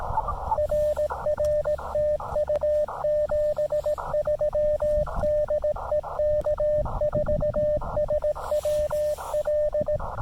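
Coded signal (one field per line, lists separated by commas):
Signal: Morse code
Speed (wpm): 17 wpm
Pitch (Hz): 600 Hz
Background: radio noise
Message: RR TU 73 DE K4SWL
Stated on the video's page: Park activation CW on 20 meters, Elecraft KX2 with KXPD2 paddles into an MFJ-1984LP end-fed half-wave antenna; loose PL-259 connector caused some scratchiness.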